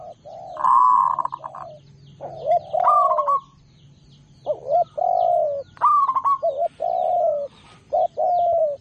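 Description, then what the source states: Zebra dove cooing song, trilled coos alternating with lower rolling notes in phrases, with gaps of quiet between bursts. Local zebra dove singing actively; master recording made for training other birds.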